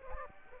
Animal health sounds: mosquito wingbeat signal from an infrared sensor; Aedes aegypti

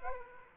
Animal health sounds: mosquito wingbeat signal from an infrared sensor; Aedes aegypti

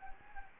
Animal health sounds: mosquito wingbeat signal from an infrared sensor; Anopheles gambiae

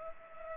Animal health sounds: mosquito wingbeat signal from an infrared sensor; Culex pipiens

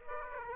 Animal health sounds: mosquito wingbeat signal from an infrared sensor; Aedes aegypti

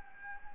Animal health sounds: mosquito wingbeat signal from an infrared sensor; Anopheles gambiae

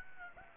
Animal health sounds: mosquito wingbeat signal from an infrared sensor; Aedes aegypti

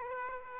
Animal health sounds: mosquito wingbeat signal from an infrared sensor; Aedes aegypti

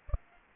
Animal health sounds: mosquito wingbeat signal from an infrared sensor; Anopheles arabiensis

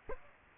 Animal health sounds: mosquito wingbeat signal from an infrared sensor; Aedes aegypti

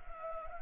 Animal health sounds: mosquito wingbeat signal from an infrared sensor; Anopheles gambiae

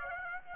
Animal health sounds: mosquito wingbeat signal from an infrared sensor; Aedes aegypti

